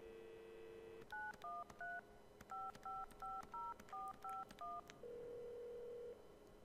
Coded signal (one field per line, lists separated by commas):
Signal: DTMF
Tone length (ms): 210 ms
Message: 913 5550451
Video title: Easy 1000g Adios Games for Gold (June 1st - 30th) 30 min completion